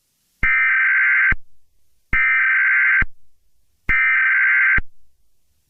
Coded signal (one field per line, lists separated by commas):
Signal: Emergency Alert System (SAME) tones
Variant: header bursts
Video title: Plotagon EAS scenario: The great Plotagon city shake-off (Read Desc)